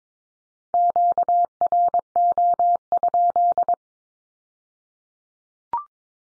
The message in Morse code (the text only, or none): QRO?